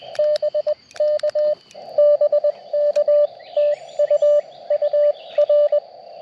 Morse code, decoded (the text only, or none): BK BK TU UR